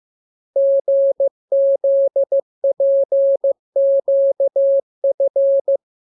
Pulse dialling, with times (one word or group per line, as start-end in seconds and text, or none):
none